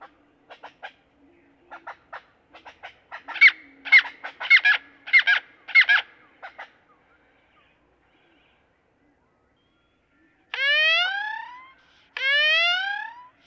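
Great-tailed grackle giving a series of clacks that build into louder harsh notes, then two long, loud rising whistles with strong harmonics.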